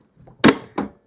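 A black ink cartridge is slid into its carriage slot in an HP OfficeJet 3830 printer and pushed in, with faint rubbing first. It snaps home with a sharp click at 0.5 s, followed by a softer knock at about 0.8 s. The cartridge is seated.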